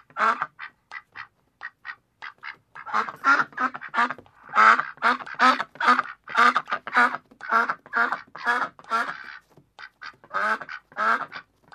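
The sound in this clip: Duck giving a long, hurried series of many harsh, nasal quacks, louder after the first few seconds.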